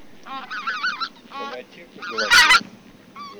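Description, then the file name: Greater white-fronted goose: greater white-fronted geese in a short chorus of squeaky, quavering honks from several birds overlapping, with one loud harsh burst late on. Flock chatter; recording made for an electronic hunting caller. "Белолобый базар"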